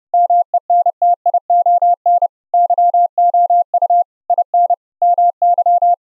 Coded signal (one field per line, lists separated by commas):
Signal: Morse code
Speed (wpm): 31 wpm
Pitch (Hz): 700 Hz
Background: none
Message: MENTION YOU IN MY